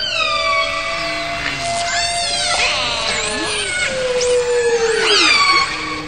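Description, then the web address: Whale or dolphin calls: overlapping whistled, gliding tones with rich harmonics, some rising and some falling, running almost continuously throughout. "hayvanlar balinalar-ve-yunuslar"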